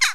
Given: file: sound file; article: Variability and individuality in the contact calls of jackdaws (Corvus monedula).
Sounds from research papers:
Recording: jackdaw call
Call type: harmonic

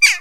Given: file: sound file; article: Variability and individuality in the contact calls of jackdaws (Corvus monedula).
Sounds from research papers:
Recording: jackdaw call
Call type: harmonic

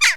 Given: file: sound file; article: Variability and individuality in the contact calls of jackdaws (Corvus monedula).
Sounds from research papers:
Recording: jackdaw call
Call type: harmonic

